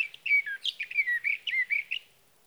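Sage thrasher song fragment: a short series of warbled, slurred notes, then quiet.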